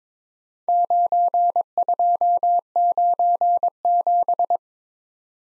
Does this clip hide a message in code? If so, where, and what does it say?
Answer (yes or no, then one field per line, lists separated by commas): yes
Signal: Morse code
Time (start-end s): 0.7-4.6 s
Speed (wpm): 21 wpm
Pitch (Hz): 700 Hz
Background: none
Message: 9297